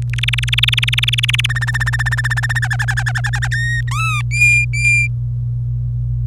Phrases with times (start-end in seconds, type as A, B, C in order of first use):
0.13-1.46 A, 1.49-2.59 B, 2.62-3.48 C, 3.51-3.81 D, 3.88-4.22 E, 4.31-5.08 F